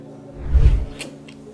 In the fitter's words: tire bien le levier de chargement vraiment bien à fond on sent un petit clic et ensuite on vient glisser le chargeur